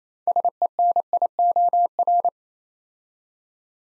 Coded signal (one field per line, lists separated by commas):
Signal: Morse code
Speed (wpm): 27 wpm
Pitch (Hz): 700 Hz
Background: none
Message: SENIOR